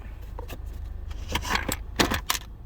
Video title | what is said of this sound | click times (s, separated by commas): 2012 Honda Accord Radio Storage Removal | and it should just snap in place like kind of like right there um | 2.3 s